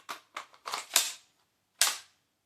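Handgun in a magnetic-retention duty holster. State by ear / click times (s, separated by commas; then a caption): released / 1.8 s. A handgun is drawn from a polymer magnetic-retention duty holster (T40X or T40 version), with a few short clicks and rattles around 0.1, 0.4, 0.7 and 1.0 seconds. A sharp, loud click at 1.8 seconds is the magnetic retention releasing as it disengages.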